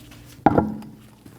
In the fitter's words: Install the connector, push until you hear a click.